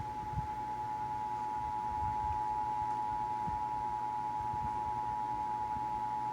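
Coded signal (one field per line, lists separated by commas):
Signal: Emergency Alert System (SAME) tones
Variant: 853 and 960 Hz attention tone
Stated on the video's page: Texas Required Monthly Test as aired on a Dallas–Fort Worth TV station.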